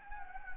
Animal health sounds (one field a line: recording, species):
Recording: mosquito wingbeat signal from an infrared sensor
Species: Anopheles gambiae